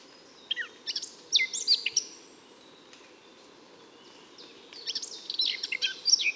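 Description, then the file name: Eurasian blackcap song: two bursts of quick, varied warbling with high whistled and scratchy notes, separated by a few seconds of quiet. "Sylvia atricapilla"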